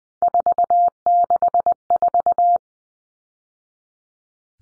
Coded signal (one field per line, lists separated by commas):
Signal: Morse code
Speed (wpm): 20 wpm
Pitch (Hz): 700 Hz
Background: none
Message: 464